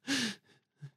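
A sharp, breathy gasping intake followed by a fainter catch: a hiccup in an adult man, indoors.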